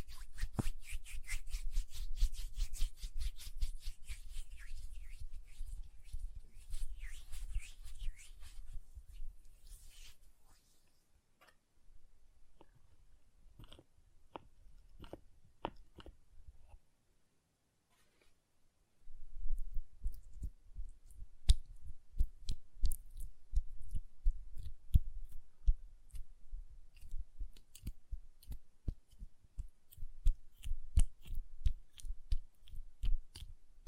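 Hand sounds with rapid nail tapping: dense clicks and a low rumbling rub fill the first ten seconds, then fade to sparse, quiet taps and near silence around 16–19 seconds. From about 19 seconds, crisp, fast tapping returns, busy and irregular until the end.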